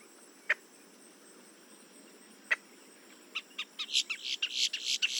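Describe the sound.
Boat-tailed grackle giving two separate dry chuck notes, then a fast, building run of raspy, buzzy calls.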